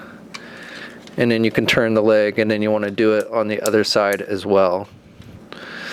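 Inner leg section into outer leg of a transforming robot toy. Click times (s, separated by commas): 0.4 s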